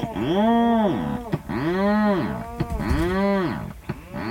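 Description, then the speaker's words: Rhinoceros auklet calling, a series of deep, groaning, moo-like notes with buzzy harmonics, each rising then falling, repeated at a steady pace. Seabird calling from deep inside its nest burrow; likened to a miniature cow with a chainsaw. "That's the call of the rhinoceros auklet, a seabird deep in its nest burrow."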